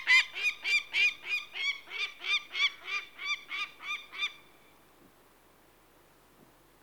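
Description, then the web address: Peregrine falcon calling a rapid string of hoarse, harsh kak notes for about four seconds, then falling silent. "The BBC Sound Effects Library. Peregrine Falcon"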